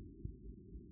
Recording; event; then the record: neck accelerometer signal played as sound; no cough (speech, laughter, throat clearing or background)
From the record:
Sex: male